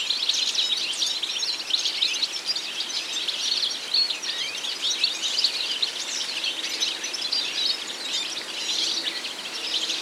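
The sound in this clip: European goldfinch song, a continuous stream of high twittering, tinkling notes.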